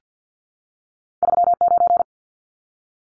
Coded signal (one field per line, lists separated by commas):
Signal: Morse code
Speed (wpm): 50 wpm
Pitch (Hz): 700 Hz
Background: none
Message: 39